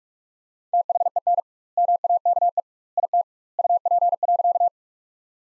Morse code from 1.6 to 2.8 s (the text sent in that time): MAKE